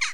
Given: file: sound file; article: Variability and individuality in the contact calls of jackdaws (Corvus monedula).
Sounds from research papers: jackdaw call; harmonic

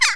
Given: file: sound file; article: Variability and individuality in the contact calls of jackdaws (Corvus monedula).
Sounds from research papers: jackdaw call; harmonic

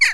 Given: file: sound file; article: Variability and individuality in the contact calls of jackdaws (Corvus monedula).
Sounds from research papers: jackdaw call; harmonic

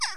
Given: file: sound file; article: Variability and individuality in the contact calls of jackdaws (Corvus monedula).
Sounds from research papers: jackdaw call; harmonic

